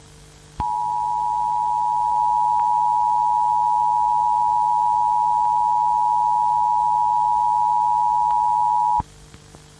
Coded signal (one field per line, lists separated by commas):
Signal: Emergency Alert System (SAME) tones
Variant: 853 and 960 Hz attention tone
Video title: EAS - Missing Children's Incident - 1987